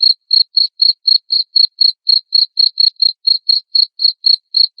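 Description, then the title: Cricket chirps, shrill and pulsed, repeating evenly at around four per second without background sounds. Loud cricket chirping played to make lovebirds sing continuously. "Suara JANGKRIK NGERIK Keras Bikin LOVEBIRD Jadi NGEKEK Terus Vubey"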